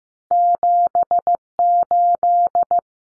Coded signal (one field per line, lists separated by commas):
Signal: Morse code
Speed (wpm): 15 wpm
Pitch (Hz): 700 Hz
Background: none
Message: 78